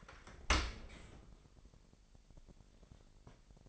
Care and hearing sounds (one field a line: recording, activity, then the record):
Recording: daily activity, microphone in the room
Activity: open dishwasher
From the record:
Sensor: 5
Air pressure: 1000.6 hPa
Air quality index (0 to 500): 248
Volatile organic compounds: 35 ppm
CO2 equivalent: 3054 ppm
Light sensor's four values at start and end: 31/71/28/26 and 31/71/28/26